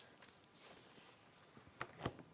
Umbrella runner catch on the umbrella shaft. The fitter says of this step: Because you're not having to push it really hard. Just clicks into place.